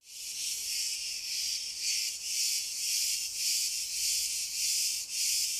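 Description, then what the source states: Cicadas in a shrill continuous buzz that fades in, then rises and falls in regular waves, a little more than one each second. Cicadas recorded in pine trees.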